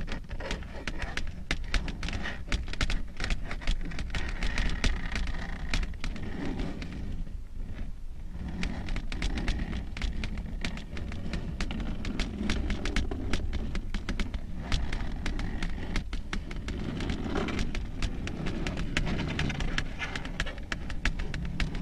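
Long nails tap and scratch in a dense, crackling stream of quick clicks that runs almost without pause. A low rustling scrape sits under the taps throughout, with a short lull near eight seconds before the steady texture resumes.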